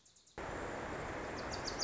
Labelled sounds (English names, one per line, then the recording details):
Wilson's Warbler
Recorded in Sonoma County, California